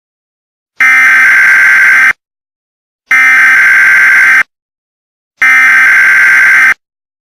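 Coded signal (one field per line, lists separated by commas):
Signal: Emergency Alert System (SAME) tones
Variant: header bursts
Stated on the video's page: Fictional EAS scenario, not a real alert.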